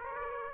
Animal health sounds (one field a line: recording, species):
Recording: mosquito wingbeat signal from an infrared sensor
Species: Aedes aegypti